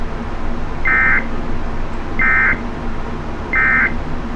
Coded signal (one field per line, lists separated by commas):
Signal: Emergency Alert System (SAME) tones